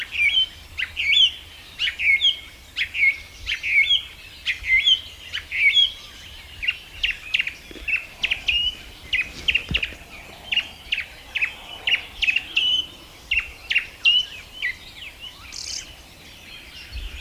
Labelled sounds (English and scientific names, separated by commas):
Song Thrush (Turdus philomelos) song